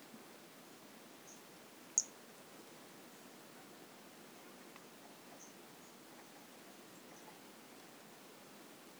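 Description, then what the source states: White-lined pumpkin toadlet call: one crisp high chirp early, then several faint, widely spaced peeps against a quiet hissing background. Recorded in 2018.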